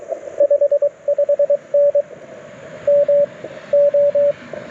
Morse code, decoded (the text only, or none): 55N MO